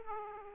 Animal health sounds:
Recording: mosquito wingbeat signal from an infrared sensor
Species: Aedes aegypti

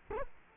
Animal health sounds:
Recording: mosquito wingbeat signal from an infrared sensor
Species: Culex quinquefasciatus

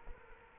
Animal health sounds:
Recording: mosquito wingbeat signal from an infrared sensor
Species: Culex quinquefasciatus

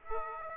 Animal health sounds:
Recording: mosquito wingbeat signal from an infrared sensor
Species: Aedes aegypti

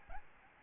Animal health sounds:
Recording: mosquito wingbeat signal from an infrared sensor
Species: Aedes albopictus

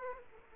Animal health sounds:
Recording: mosquito wingbeat signal from an infrared sensor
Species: Aedes aegypti

